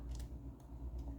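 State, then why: Seated. A microSD memory card is pushed upside down into a security camera's card slot. A small sharp click at 0.2 s marks it seating, followed by faint ticks over a steady low hum. The card is seated in the slot.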